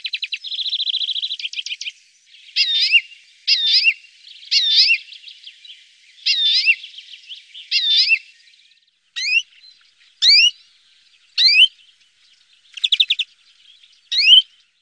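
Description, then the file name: Greenfinch song opening with a dry rattling trill, then a series of sharp twittering chirps and sweeping notes at fairly even intervals. "greenfinch omkicau"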